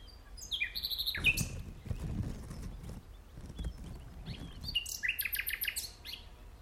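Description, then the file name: Common nightingale phrases of varied chirps and rapid repeated notes, with low thumping and rustling noises through the middle. "Luscinia megarhynchos"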